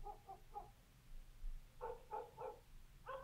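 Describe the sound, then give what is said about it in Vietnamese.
Dogs from the surrounding houses bark in short, mid-pitched bursts: a quick cluster of three, a pause, then another run of three and a final bark, with no one talking. “Cùng lúc đó, tiếng chó của mấy nhà dân ở xung quanh sủa lên nhấm nha nhấm nhặng.”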